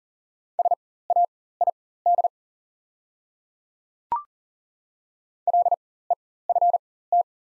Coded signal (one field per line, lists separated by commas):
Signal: Morse code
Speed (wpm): 40 wpm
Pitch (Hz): 700 Hz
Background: none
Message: SAID LEFT